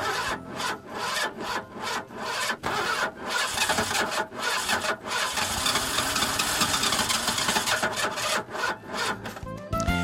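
A car engine cranks with a rapid, stuttering rhythm, then catches and settles into a loud, steady rumbling idle with a raspy, gritty edge. No voices are heard.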